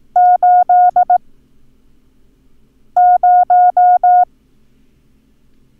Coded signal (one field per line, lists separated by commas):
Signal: Morse code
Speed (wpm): 18 wpm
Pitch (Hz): 720 Hz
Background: none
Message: 80